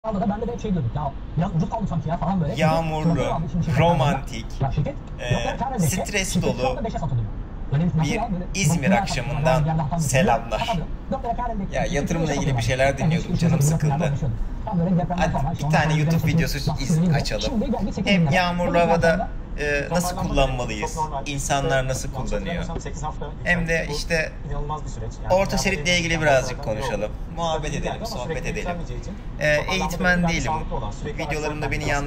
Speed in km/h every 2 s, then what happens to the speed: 85, 85, 86, 86, 86, 86, 86, 85, 85, 85, 85, 85, 85, 84, 84, 84.
0-32 steady at about 85.